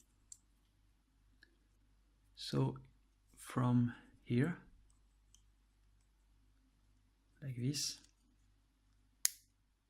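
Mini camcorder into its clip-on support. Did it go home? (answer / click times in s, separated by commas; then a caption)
yes / 9.2 s. Someone talks while a small plastic SQ12 mini full HD camcorder is pushed into its plastic clothing-clip support. It snaps in with one sharp click at 9.3 s, and the camera is seated in the mount.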